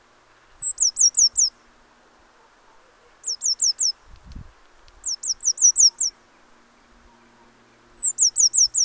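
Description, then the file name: Eurasian blue tit calling in four separate series of four to six high, downslurred notes, some led by a thin slurred note, with a brief low thump. "Cyanistes caeruleus"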